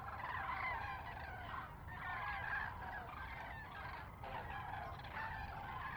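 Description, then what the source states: Common cranes calling in a continuous overlapping chorus of rolling trumpet notes, with steady low rumble beneath. Common cranes in a close fly-by at Lac du Der, France, recorded 10 January 2021.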